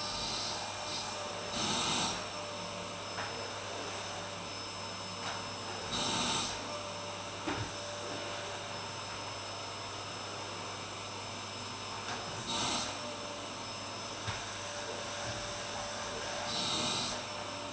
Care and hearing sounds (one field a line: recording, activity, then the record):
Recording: daily activity, microphone in the room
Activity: vacuum cleaning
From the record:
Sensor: 2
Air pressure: 1007.5 hPa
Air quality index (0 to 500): 32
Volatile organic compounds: 1 ppm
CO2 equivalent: 520 ppm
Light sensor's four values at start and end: 7/16/6/6 and 7/16/7/7